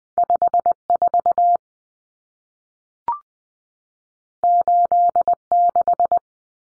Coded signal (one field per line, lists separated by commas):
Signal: Morse code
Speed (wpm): 20 wpm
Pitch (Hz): 700 Hz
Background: none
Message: 54 86